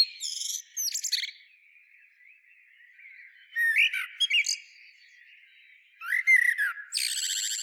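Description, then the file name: Eurasian blackbird song with high twittering notes opening, then two warbled phrases a couple of seconds apart, each low fluting note followed by squeaky, rattly high flourishes. "Turdus merula"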